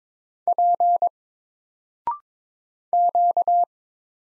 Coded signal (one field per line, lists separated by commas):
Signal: Morse code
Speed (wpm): 22 wpm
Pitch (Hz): 700 Hz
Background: none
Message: P Q